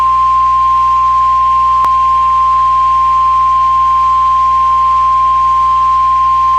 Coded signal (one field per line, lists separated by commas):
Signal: Emergency Alert System (SAME) tones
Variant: 1050 Hz attention tone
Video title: MPX TEST EAS 1451